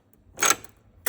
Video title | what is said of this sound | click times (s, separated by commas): Bernina settings for sewing paraglider lines | Okay. And I heard it click. It's in. The magnet already caught it | 1.1 s